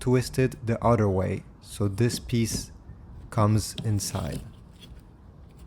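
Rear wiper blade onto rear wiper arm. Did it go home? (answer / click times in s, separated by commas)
no / none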